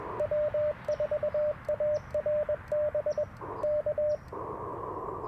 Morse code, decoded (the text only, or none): W4ARB K